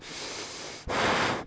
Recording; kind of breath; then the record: one breath in and out by a microphone near the nose and mouth; strong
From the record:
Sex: male